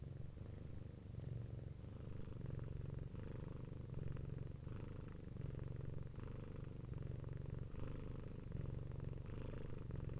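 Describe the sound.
Domestic cat purr, a constant low vibrating rumble, with faint soft breath sounds returning about every one and a half seconds.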